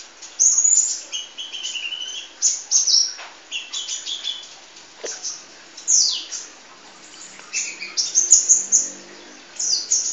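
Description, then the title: Sunbird chirping in high, squeaky twittering runs and downward-sweeping notes, grouped into bursts with short pauses between them. "kicau kolibri"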